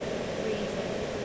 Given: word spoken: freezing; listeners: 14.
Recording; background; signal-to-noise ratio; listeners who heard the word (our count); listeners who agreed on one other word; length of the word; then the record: one English word in noise, from a listening test; speech-shaped noise; -6.6 dB; 4 of 14; 7 of 14; 0.85 s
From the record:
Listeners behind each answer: 7, 4, 1, 1, 1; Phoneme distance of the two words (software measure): 27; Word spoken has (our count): 2 syllables, 6 phonemes, stress on syllable 1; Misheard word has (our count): 2 syllables, 5 phonemes, stress on syllable 1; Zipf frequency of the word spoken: 4.26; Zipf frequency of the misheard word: 5.19